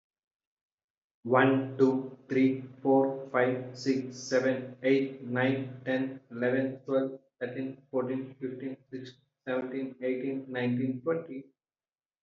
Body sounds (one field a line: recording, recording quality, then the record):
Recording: counting at a normal pace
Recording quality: excellent, no background noise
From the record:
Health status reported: healthy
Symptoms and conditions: none ticked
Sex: male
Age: 38 years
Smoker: not ticked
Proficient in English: yes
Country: India